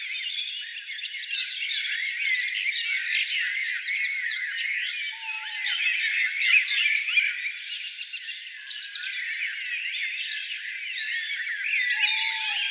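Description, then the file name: Continuous chorus of birds, countless overlapping twitters and sweeping notes, with a brief lower whistle now and then. "zvuki peniia ptits"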